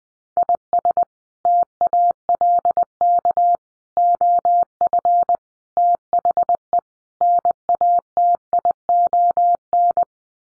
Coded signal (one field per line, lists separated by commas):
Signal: Morse code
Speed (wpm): 20 wpm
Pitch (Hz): 700 Hz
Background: none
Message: IS TALK OF THE NATION